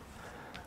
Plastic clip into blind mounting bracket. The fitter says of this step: did y'all hear the little click there so